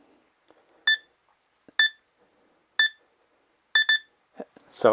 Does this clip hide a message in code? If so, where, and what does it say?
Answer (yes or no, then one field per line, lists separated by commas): no